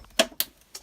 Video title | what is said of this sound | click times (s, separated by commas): Gotway#1 démontage | Donc ça c'est clipsé, ça se déclipse. | 0.2 s, 0.4 s